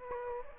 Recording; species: mosquito wingbeat signal from an infrared sensor; Aedes aegypti